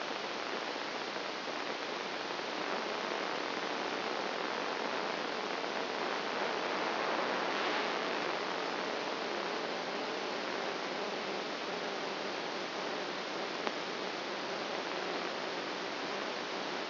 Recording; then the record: brain microelectrode recording played as sound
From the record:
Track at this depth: inside the subthalamic nucleus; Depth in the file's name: 1.606 mm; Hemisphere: right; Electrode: 2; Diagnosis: Parkinson's disease